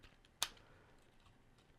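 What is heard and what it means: A plastic arm of a Transformers Studio Series 86 Ultra Magnus combiner-style action figure is unlocked from its shoulder connector and pulled off. A faint tick comes at 0.25 s, then one sharp, bright plastic click at 0.4 s over quiet handling noise. The arm releases and comes off the figure.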